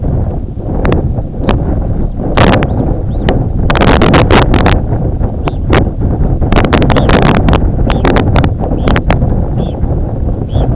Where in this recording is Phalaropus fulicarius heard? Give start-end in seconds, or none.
1.35-1.56, 2.25-3.34, 5.27-5.62, 6.83-10.75